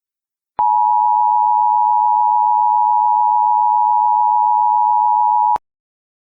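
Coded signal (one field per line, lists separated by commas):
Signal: Emergency Alert System (SAME) tones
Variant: 853 and 960 Hz attention tone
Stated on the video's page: Fictional EAS scenario tones.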